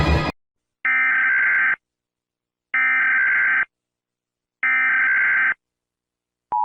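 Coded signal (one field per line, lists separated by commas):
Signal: Emergency Alert System (SAME) tones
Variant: header bursts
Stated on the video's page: EAS alarms from various countries, collected for rating.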